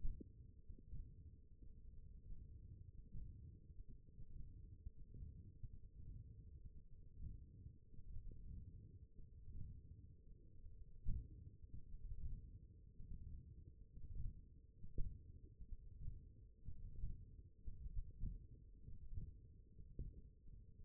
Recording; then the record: forearm muscle sounds (acoustic myography)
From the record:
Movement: tripod grip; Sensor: system 1, eight BSWA MPA416 microphones around the upper forearm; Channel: 1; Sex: male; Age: 21 years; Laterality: right